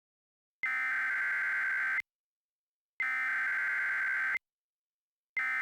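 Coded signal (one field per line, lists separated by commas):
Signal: Emergency Alert System (SAME) tones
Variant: header bursts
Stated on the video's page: EAS mock, a simulated alert, not a real transmission.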